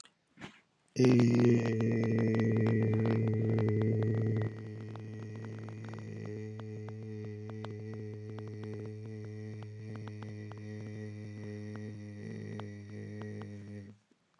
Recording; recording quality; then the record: sustained vowel as in made; excellent, no background noise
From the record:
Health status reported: healthy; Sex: male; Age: 50 years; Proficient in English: yes